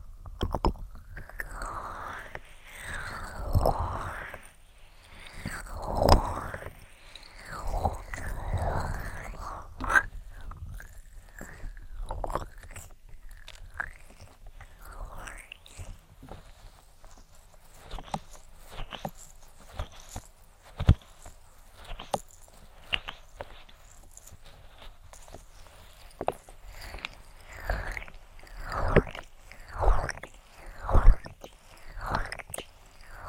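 A sequence of ear attention sounds: in the first ten seconds, wet, swishing rubs come in slow rounded waves, like hands working lotion. After that come short crisp taps and crackles, sparse at first and then quick and clustered, with soft rubbing and quiet stretches between them.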